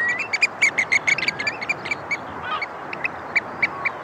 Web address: BBC. oyster catcher calls with skylark and heavy sea in background